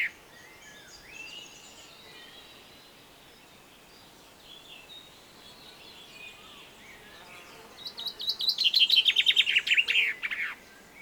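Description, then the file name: Chaffinch song near the end: a rapid, loud cascade of descending notes finishing with a flourish, after several seconds of faint background birdsong. "Fringilla coelebs"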